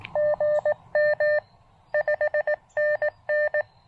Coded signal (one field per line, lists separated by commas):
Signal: Morse code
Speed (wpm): 18 wpm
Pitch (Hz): 590 Hz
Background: none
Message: GM 5NN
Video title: POTA Activation with the Elecraft KX2 and a Stolen Antenna! (Plus, bonus canine guests!)